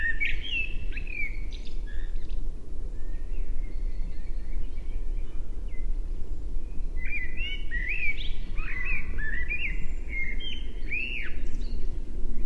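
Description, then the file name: Common blackbird: a fluty warble at the start, a quieter stretch, then a longer rich burst of twisting notes later, all over heavy low rumble. "Turdus merula"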